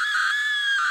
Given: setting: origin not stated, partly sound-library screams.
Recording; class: one-second piece from a danger detection set; woman in danger